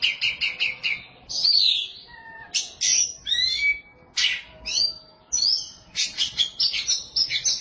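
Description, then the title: Oriental magpie-robin song: opens with a quick run of repeated notes, then varied whistles, buzzy slides and chirps, closing with fast repeated notes. Song of the kacer. "Suara Kicauan Burung Kacer"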